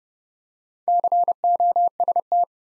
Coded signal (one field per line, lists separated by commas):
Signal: Morse code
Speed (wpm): 30 wpm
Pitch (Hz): 700 Hz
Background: none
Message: COST